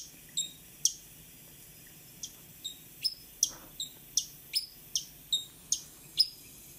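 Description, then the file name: Hummingbird giving sharp, high, thin chip notes, repeated in a quick series over faint background hiss. "colibri"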